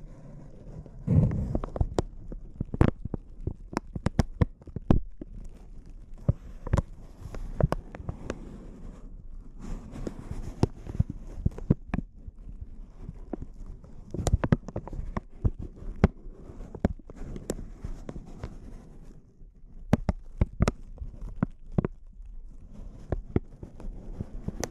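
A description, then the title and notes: Crinkling plastic or paper, handled in sharp, irregular bursts of snaps and crackles that run through the whole stretch. The clicks come densely, some bright and piercing, with a louder cluster near the start and brief quieter gaps around 18 to 19 seconds. ASMR Intense Close-Up Crinkles (No Talking).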